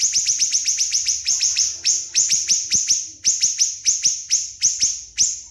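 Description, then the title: Spiderhunter song: a fast run of sharp, high, slurred chips, broken by a few short pauses. Vigorous, clear, long-running song. "Pijantung Gunung Gacor Jernih Panjang"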